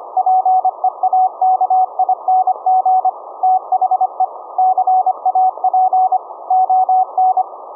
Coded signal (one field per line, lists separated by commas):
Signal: Morse code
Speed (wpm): 25 wpm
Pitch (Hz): 750 Hz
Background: none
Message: PEAKING THE CAP ON